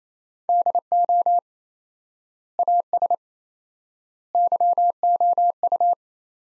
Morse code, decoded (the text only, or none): DO AS YOU